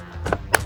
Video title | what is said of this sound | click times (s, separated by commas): 2009-2014 F-150 Raxiom Axial Series White LED Mirror Turn Signal Review & Install | und einrasten lassen . Sie müssen wirklich darauf achten, dass sie genau hier einrastet. | 0.5 s